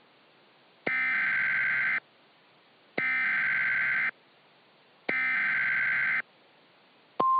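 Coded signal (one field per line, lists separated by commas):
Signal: Emergency Alert System (SAME) tones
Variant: header bursts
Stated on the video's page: Fictional Hawaii hurricane scenario with simulated alerts modelled on real alerts from past tropical cyclones.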